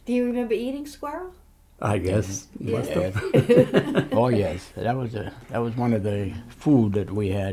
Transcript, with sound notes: Do you remember eating squirrel?
I guess. Must have. (they laugh)
Oh, yes. That was a, that was one of the food that we had.